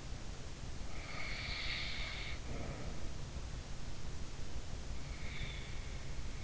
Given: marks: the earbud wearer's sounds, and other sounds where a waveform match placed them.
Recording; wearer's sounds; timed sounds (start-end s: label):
sounds in sleep by an in-ear microphone; snoring breath
0.79-3.22 s: snoring breath